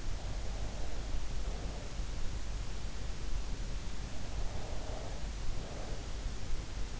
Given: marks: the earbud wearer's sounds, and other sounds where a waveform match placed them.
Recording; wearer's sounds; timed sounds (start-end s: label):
sounds in sleep by an in-ear microphone; breath
0.30-2.31 s: breath
4.59-6.41 s: breath